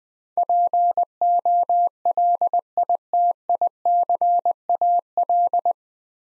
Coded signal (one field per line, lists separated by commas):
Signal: Morse code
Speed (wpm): 21 wpm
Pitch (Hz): 700 Hz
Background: none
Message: POLITICAL